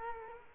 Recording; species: mosquito wingbeat signal from an infrared sensor; Culex quinquefasciatus